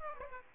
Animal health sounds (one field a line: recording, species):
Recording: mosquito wingbeat signal from an infrared sensor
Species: Aedes aegypti